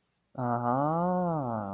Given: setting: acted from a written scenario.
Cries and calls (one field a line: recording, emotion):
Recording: vocal sound without words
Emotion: realization